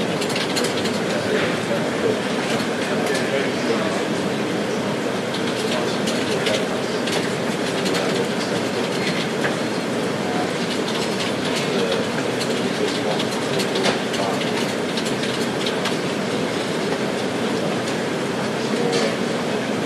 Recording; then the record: background sound without coughing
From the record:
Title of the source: Office Sounds Ambience - Background Noise for Study and Work